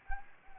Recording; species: mosquito wingbeat signal from an infrared sensor; Anopheles gambiae